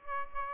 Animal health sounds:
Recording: mosquito wingbeat signal from an infrared sensor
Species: Aedes albopictus

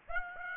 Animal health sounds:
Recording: mosquito wingbeat signal from an infrared sensor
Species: Aedes aegypti

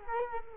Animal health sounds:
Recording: mosquito wingbeat signal from an infrared sensor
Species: Culex quinquefasciatus

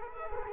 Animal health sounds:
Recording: mosquito wingbeat signal from an infrared sensor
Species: Culex quinquefasciatus

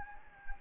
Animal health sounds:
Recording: mosquito wingbeat signal from an infrared sensor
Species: Anopheles gambiae

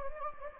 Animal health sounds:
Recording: mosquito wingbeat signal from an infrared sensor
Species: Anopheles gambiae

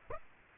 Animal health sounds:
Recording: mosquito wingbeat signal from an infrared sensor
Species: Aedes aegypti

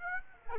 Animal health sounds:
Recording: mosquito wingbeat signal from an infrared sensor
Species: Aedes aegypti

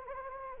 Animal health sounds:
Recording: mosquito wingbeat signal from an infrared sensor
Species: Anopheles gambiae

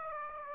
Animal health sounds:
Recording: mosquito wingbeat signal from an infrared sensor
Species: Aedes aegypti

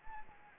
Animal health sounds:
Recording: mosquito wingbeat signal from an infrared sensor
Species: Anopheles arabiensis

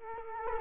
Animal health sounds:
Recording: mosquito wingbeat signal from an infrared sensor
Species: Culex quinquefasciatus

